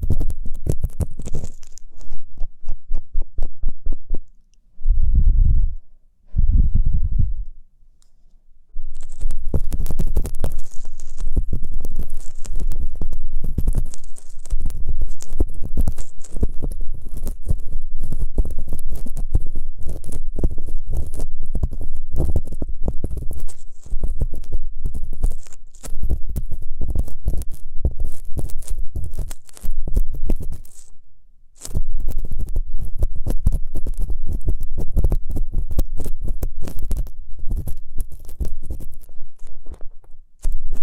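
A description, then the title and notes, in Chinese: Ear cleaning, with dense scratching, crackling and soft rubbing, often over low muffled thumps. Near the start the scraping stops for a few seconds, leaving only two dull pulses, then resumes almost continuously, pausing briefly around thirty seconds. 掏耳朵。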